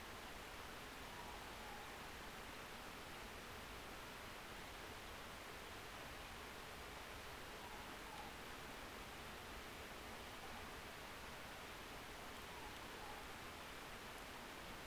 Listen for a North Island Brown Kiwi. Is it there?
no